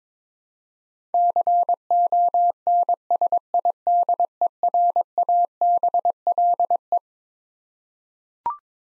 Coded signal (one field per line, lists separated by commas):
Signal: Morse code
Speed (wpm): 22 wpm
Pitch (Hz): 700 Hz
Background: none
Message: CONSIDERABLE